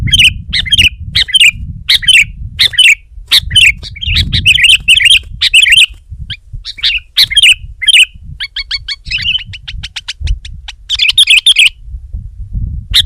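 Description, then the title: Sooty-headed bulbul singing lively warbled chirps in repeated bursts, then a fast rattling series of short notes, with a low rumble behind. "kutilang"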